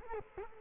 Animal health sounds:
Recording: mosquito wingbeat signal from an infrared sensor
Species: Culex quinquefasciatus

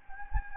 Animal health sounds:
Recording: mosquito wingbeat signal from an infrared sensor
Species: Anopheles gambiae

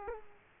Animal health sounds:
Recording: mosquito wingbeat signal from an infrared sensor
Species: Culex quinquefasciatus

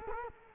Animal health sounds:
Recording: mosquito wingbeat signal from an infrared sensor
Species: Culex quinquefasciatus

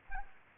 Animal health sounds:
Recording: mosquito wingbeat signal from an infrared sensor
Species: Culex pipiens

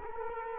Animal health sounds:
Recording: mosquito wingbeat signal from an infrared sensor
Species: Culex quinquefasciatus

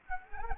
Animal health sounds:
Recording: mosquito wingbeat signal from an infrared sensor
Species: Anopheles gambiae

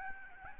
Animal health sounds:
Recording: mosquito wingbeat signal from an infrared sensor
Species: Aedes albopictus

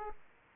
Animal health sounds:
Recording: mosquito wingbeat signal from an infrared sensor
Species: Aedes aegypti

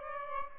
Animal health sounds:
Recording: mosquito wingbeat signal from an infrared sensor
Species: Aedes albopictus

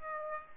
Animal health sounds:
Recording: mosquito wingbeat signal from an infrared sensor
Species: Aedes aegypti

